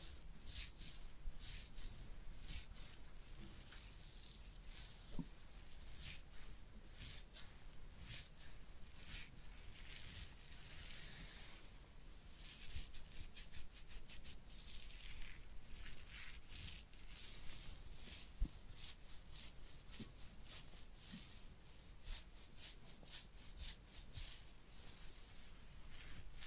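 Head massage and ear cleaning heard as dense, bright scratching and crackling, with quick bursts of rubbing and occasional soft taps throughout.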